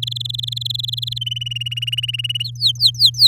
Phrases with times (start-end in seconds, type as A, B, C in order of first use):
0.02-1.18 A, 1.21-2.43 B, 2.44-3.27 C